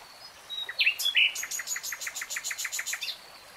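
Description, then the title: Nightingale song: a few sharp whistled notes followed by a long, fast series of repeated chipping notes. Nightingale singing in real time. "[Tiếng chim hót] 3 Hours REALTIME Nightingale Singing"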